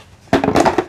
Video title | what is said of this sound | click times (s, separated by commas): Hoover Pro Clean Pet Carpet Cleaner FH51050 UNBOXING & SET UP | rotate it in until it clicks into place make sure it clicks into place there | 0.3 s